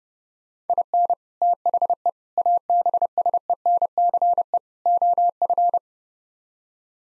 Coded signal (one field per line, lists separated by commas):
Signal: Morse code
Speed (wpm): 39 wpm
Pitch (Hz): 700 Hz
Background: none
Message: IN THE ABSENCE OF